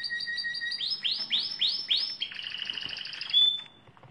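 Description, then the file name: Lizard canary singing: a steady whistled tone with fast chips, then five looping upward sweeps, a trilled rattle and a final sharp whistle before fading. "canto do canario lizard"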